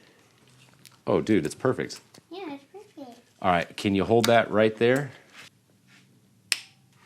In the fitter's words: all right oh so you heard that click that's when you stop yeah